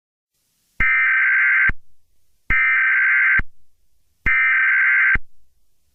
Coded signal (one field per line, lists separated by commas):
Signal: Emergency Alert System (SAME) tones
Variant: header bursts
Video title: Easter Killer Bunny (Easter EAS Scenario)